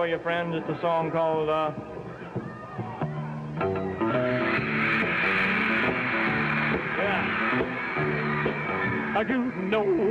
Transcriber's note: cheering